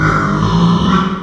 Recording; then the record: squeal of a Yucatan mini pig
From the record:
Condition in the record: after surgery on the right vocal fold (resection and tissue-engineered implant); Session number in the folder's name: 15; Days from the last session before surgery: 175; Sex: female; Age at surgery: 19 weeks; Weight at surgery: 25 kg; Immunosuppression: prednisolone